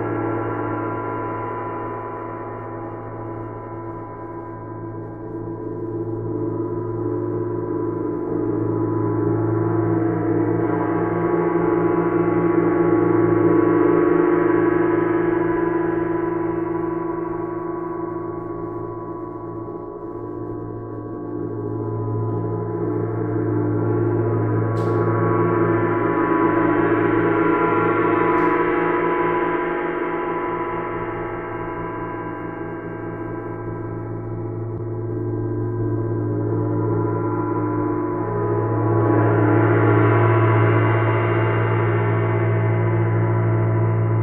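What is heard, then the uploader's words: A gong hums with a deep, sustained drone whose brighter overtones swell and fade in slow waves, with two faint clicks near twenty-five seconds. Sound Therapy - Gong (Part 1).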